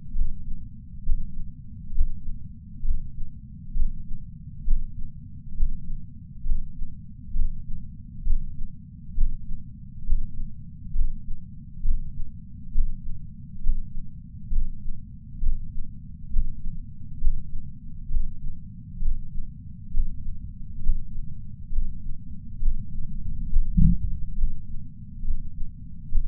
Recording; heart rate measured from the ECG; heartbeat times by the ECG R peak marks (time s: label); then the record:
heart sounds by patch sensor on the chest; 67 bpm
0.16 s: heartbeat
1.07 s: heartbeat
1.96 s: heartbeat
2.86 s: heartbeat
3.77 s: heartbeat
4.68 s: heartbeat
5.58 s: heartbeat
6.47 s: heartbeat
7.36 s: heartbeat
8.27 s: heartbeat
9.18 s: heartbeat
10.08 s: heartbeat
10.96 s: heartbeat
11.85 s: heartbeat
12.76 s: heartbeat
13.65 s: heartbeat
14.53 s: heartbeat
15.44 s: heartbeat
16.34 s: heartbeat
17.22 s: heartbeat
18.12 s: heartbeat
19.03 s: heartbeat
19.95 s: heartbeat
20.84 s: heartbeat
21.73 s: heartbeat
22.63 s: heartbeat
23.51 s: heartbeat
24.39 s: heartbeat
25.25 s: heartbeat
26.13 s: heartbeat
From the record:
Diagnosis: coronary artery disease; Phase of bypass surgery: preoperative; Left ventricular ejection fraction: 69.1%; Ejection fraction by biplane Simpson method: 68.2%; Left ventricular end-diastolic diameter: 44 mm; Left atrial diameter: 36 mm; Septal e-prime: 8.3 cm/s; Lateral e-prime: 8.5 cm/s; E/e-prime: 10.7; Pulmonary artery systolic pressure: 35 mmHg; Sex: male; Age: 76 years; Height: 165 cm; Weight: 79 kg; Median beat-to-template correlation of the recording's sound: 0.89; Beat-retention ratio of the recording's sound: 0.98